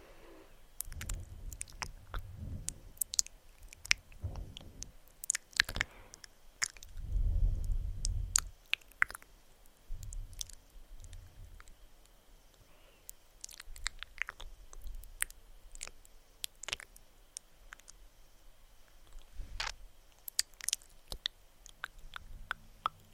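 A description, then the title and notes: Soft mouth sounds and face touching: wet clicks and chewing-like smacks recur irregularly, with low rubbing swells, loudest near seven seconds. ASMR VERY Tingly Slow Face Touching and Soft Mouth Sounds.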